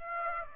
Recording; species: mosquito wingbeat signal from an infrared sensor; Aedes aegypti